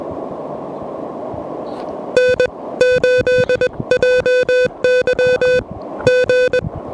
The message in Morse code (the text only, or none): N8JY G